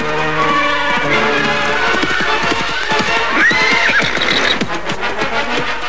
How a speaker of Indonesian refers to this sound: Kereta kuda itu berhenti. Sebaiknya aku dekati saja.